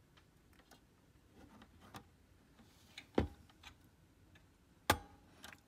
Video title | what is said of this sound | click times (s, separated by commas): Kodak 850H Repair | Okay, it's snapped into place. | 4.9 s